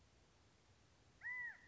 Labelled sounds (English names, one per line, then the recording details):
California Quail
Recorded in Sonoma County, California